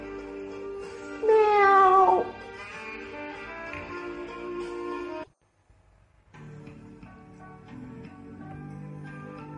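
A cat lets out a loud, drawn-out meow with a wavering, falling pitch over a steady musical background, which then drops briefly to near silence before resuming.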